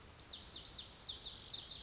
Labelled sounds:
Lazuli Bunting
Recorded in Sonoma County, California

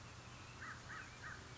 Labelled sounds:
American Crow
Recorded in Sonoma County, California

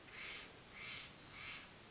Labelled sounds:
Steller's Jay
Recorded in Sonoma County, California

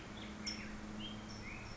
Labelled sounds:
California Towhee
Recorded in Sonoma County, California

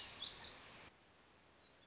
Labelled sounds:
Black-throated Gray Warbler
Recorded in Sonoma County, California

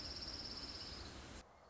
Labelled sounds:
Orange-crowned Warbler
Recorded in Sonoma County, California

